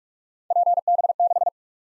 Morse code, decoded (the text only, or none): PB6